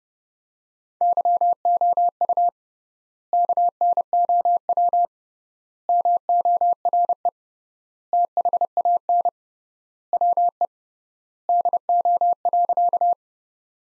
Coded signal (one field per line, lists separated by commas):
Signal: Morse code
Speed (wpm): 32 wpm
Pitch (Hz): 700 Hz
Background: none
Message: YOU KNOW MORE THAN WE DO.